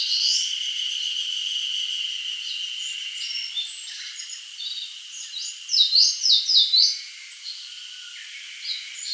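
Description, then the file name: Eastern crowned warbler phrase of several fast slurred, rising notes, amid scattered fainter high notes and a continuous high-pitched drone. "Phylloscopus coronatus"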